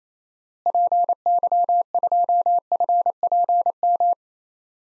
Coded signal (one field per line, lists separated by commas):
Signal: Morse code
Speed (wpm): 27 wpm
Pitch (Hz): 700 Hz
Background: none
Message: PY2FPM